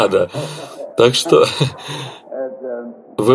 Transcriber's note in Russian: Брат Бранхам и собравшиеся смеются